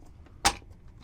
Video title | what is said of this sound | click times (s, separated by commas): 6.7 POWERSTROKE fuel filter replacement. | you can feel it click. There's your old | 0.5 s